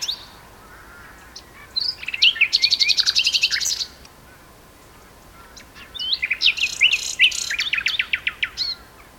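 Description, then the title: Common nightingale song: a loud rapid rattling burst, a quiet gap, then a series of sharp repeated chirps. Two nightingales singing in a duet on Westleton Heath. "sanderson nightingale-duet-on-westleton-heath"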